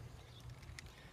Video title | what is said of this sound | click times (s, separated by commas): Canyon Sport Video Camera Tutorial | top of a tripod interlocking system right here that goes on there snaps in place | 0.8 s